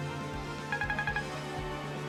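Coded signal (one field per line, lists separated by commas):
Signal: none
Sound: game music beeps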